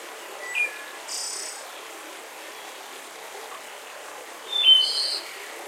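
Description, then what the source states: Birds singing sparsely: a thin chirp, then a high buzzy note, then a louder burst of squeaky whistled notes near the end, all over a constant background hiss. Mountain forest.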